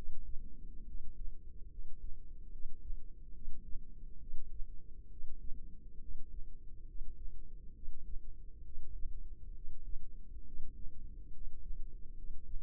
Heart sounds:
heart sounds by microphone in the left ear; 69 bpm
0.84 s: heartbeat
1.68 s: heartbeat
2.49 s: heartbeat
3.31 s: heartbeat
4.18 s: heartbeat
5.08 s: heartbeat
5.98 s: heartbeat
6.85 s: heartbeat
7.72 s: heartbeat
8.61 s: heartbeat
9.52 s: heartbeat
10.43 s: heartbeat
11.30 s: heartbeat
12.13 s: heartbeat
From the record:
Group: healthy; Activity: rest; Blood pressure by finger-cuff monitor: 116/62 mmHg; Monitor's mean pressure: 77 mmHg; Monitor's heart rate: 68 bpm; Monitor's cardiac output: 5.6 L/min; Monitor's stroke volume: 84 mL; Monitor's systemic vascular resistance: 990 dyn s/cm5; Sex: female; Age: 32 years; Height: 168 cm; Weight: 61.9 kg

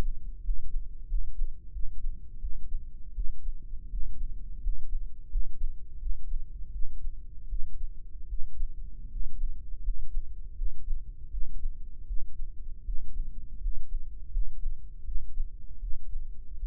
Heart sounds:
heart sounds by microphone in the right ear; 82 bpm
0.41 s: heartbeat
1.06 s: heartbeat
1.71 s: heartbeat
2.39 s: heartbeat
3.13 s: heartbeat
3.88 s: heartbeat
4.60 s: heartbeat
5.28 s: heartbeat
5.97 s: heartbeat
6.70 s: heartbeat
7.47 s: heartbeat
8.27 s: heartbeat
9.07 s: heartbeat
9.81 s: heartbeat
10.53 s: heartbeat
11.29 s: heartbeat
12.05 s: heartbeat
12.83 s: heartbeat
13.58 s: heartbeat
14.29 s: heartbeat
15.03 s: heartbeat
15.78 s: heartbeat
16.57 s: heartbeat
From the record:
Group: healthy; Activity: rest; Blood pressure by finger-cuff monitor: 123/89 mmHg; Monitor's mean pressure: 99 mmHg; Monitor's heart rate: 80 bpm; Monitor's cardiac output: 5.8 L/min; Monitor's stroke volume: 73 mL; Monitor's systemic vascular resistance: 1250 dyn s/cm5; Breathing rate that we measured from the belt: 14 breaths a minute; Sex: male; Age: 21 years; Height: 180 cm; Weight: 67.5 kg

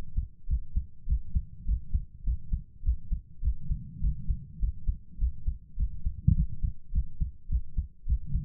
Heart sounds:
heart sounds by stethoscope; 103 bpm
0.46 s: heartbeat
1.05 s: heartbeat
1.64 s: heartbeat
2.22 s: heartbeat
2.81 s: heartbeat
3.40 s: heartbeat
3.99 s: heartbeat
4.58 s: heartbeat
5.17 s: heartbeat
5.75 s: heartbeat
6.33 s: heartbeat
6.91 s: heartbeat
7.47 s: heartbeat
8.05 s: heartbeat
From the record:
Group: healthy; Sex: female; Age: 32 years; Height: 172 cm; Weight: 71.7 kg

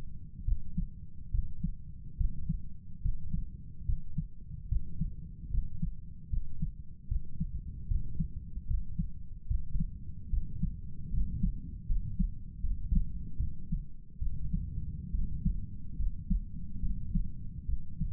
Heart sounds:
heart sounds by stethoscope; 73 bpm
0.44 s: heartbeat
1.31 s: heartbeat
2.17 s: heartbeat
3.01 s: heartbeat
3.85 s: heartbeat
4.68 s: heartbeat
5.50 s: heartbeat
6.29 s: heartbeat
7.08 s: heartbeat
7.87 s: heartbeat
8.66 s: heartbeat
9.47 s: heartbeat
10.29 s: heartbeat
11.10 s: heartbeat
11.86 s: heartbeat
12.61 s: heartbeat
13.37 s: heartbeat
14.19 s: heartbeat
15.11 s: heartbeat
15.96 s: heartbeat
16.80 s: heartbeat
17.66 s: heartbeat
From the record:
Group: healthy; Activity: rest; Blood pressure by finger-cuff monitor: 97/63 mmHg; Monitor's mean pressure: 73 mmHg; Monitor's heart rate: 73 bpm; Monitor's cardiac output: 6.9 L/min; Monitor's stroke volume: 95 mL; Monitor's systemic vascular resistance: 790 dyn s/cm5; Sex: male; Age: 35 years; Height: 180 cm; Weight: 86.9 kg

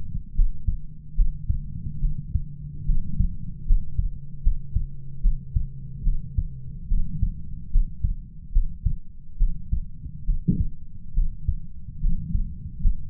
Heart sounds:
heart sounds by stethoscope; 72 bpm
0.33 s: heartbeat
1.14 s: heartbeat
1.99 s: heartbeat
2.84 s: heartbeat
3.64 s: heartbeat
4.41 s: heartbeat
5.20 s: heartbeat
6.02 s: heartbeat
6.87 s: heartbeat
7.70 s: heartbeat
8.51 s: heartbeat
9.37 s: heartbeat
10.24 s: heartbeat
11.13 s: heartbeat
11.99 s: heartbeat
12.79 s: heartbeat
From the record:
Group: healthy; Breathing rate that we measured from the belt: 15 breaths a minute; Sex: female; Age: 26 years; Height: 165 cm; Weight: 55 kg

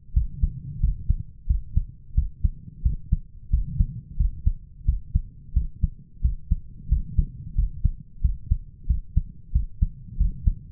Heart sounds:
heart sounds by stethoscope; 90 bpm
0.15 s: heartbeat
0.82 s: heartbeat
1.49 s: heartbeat
2.17 s: heartbeat
2.84 s: heartbeat
3.52 s: heartbeat
4.19 s: heartbeat
4.87 s: heartbeat
5.55 s: heartbeat
6.24 s: heartbeat
6.91 s: heartbeat
7.57 s: heartbeat
8.23 s: heartbeat
8.89 s: heartbeat
9.54 s: heartbeat
10.19 s: heartbeat
From the record:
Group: healthy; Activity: rest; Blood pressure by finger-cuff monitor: 133/84 mmHg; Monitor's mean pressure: 101 mmHg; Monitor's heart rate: 89 bpm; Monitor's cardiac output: 7.1 L/min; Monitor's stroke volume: 80 mL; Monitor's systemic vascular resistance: 1040 dyn s/cm5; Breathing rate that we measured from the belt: 18 breaths a minute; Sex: male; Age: 21 years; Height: 175 cm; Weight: 72.6 kg

